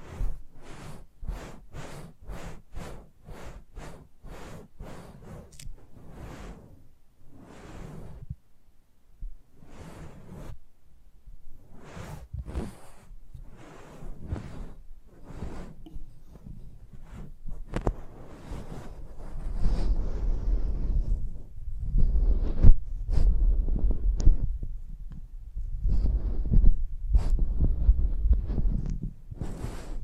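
Close-up mic handling: quick thumps and clicks tap out a fast, steady pulse, turning irregular, with a low rumble swelling after twenty seconds.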